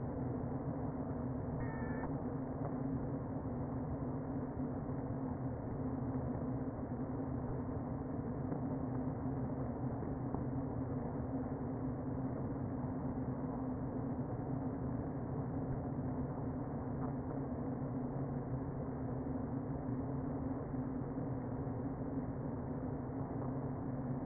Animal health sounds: honeybee colony, microphone inside the hive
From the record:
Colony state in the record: queen present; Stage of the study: before two queens were removed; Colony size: about 60,000 bees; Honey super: yes

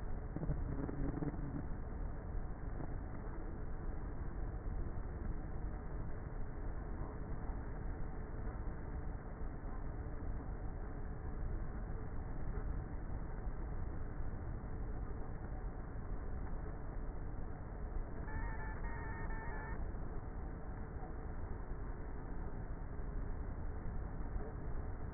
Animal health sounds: honeybee colony, microphone inside the hive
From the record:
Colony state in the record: queenless with a low population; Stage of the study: before two queens were removed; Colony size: about 30,000 bees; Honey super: no

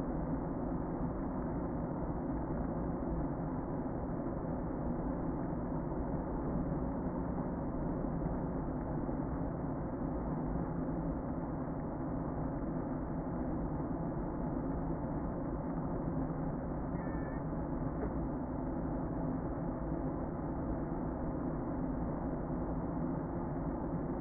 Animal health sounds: honeybee colony, microphone inside the hive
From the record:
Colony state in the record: queen present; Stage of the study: before two queens were removed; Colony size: about 60,000 bees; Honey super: yes

